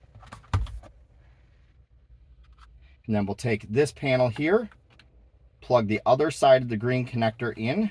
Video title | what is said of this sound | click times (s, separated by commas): Nissan Pathfinder DISABLE Auto Start/Stop Feature - Turn ON and OFF permanently! [2022-2026] | Push it down until it clicks. | 0.5 s